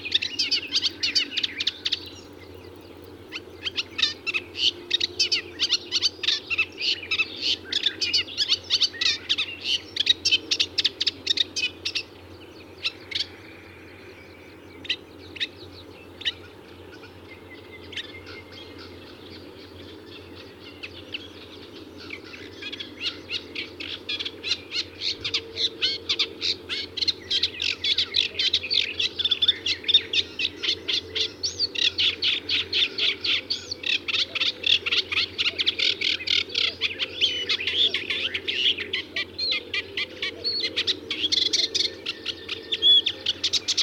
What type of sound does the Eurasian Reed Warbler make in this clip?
song